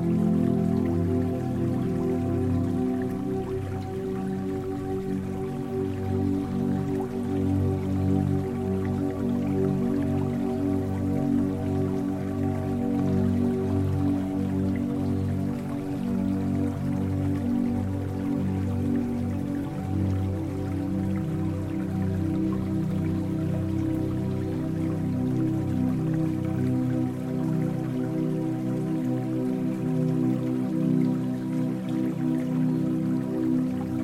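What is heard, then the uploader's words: A mountain stream runs steadily, a dense, even wash of water with fine dripping, trickling detail and no pauses. The sound sits mostly low and full, with soft steady humming tones held underneath from start to finish. Mountain Stream [0.5 - 3Hz Delta]. Brainwave entrainment binaural beats.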